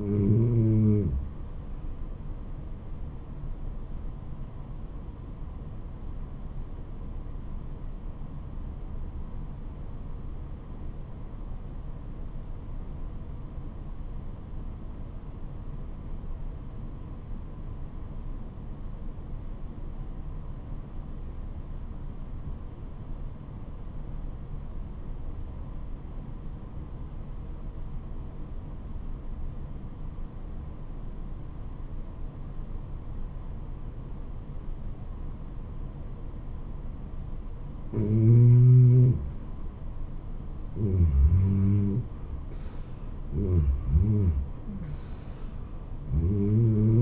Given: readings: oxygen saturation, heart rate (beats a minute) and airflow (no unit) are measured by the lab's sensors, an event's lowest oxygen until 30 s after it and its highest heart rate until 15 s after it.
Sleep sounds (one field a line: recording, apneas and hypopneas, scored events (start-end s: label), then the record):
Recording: breathing in sleep by a smartphone at the bedside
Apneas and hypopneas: 1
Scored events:
4.00-40.40 s: obstructive apnea (REM, oxygen 96% highest, then 82% lowest, heart rate 80 at the start, 80 highest)
From the record:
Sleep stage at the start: REM sleep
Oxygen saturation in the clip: 86 to 96%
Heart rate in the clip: 65 to 81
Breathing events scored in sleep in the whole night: 426 in 7.4 hours asleep